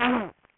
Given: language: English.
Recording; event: throat vibration sensor signal played as sound; throat clearing